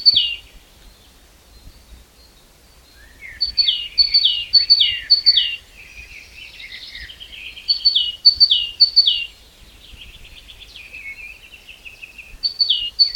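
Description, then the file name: Great tit singing in bouts of rapid, ringing two-note phrases, separated by softer twittering. "Parus major"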